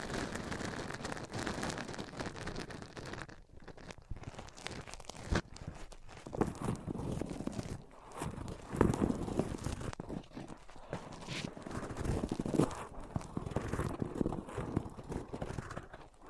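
Microphones are rubbed against different surfaces, giving a dense, scraping, crinkly rumble that shifts in texture throughout. Bursts of friction swell and fade irregularly, with brief dips near 3.5, 8 and 10 seconds and brighter, harsher scrapes in the later half.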